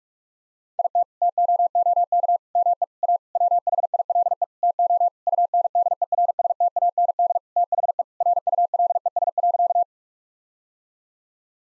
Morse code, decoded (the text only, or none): IT TOOK ME A WHILE TO UNDERSTAND THE RULES.